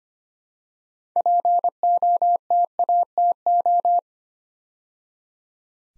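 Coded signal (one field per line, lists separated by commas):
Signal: Morse code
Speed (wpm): 25 wpm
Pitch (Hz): 700 Hz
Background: none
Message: POTATO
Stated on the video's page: Morse practice set at 25 wpm building six-letter words three letters at a time for instant character recognition.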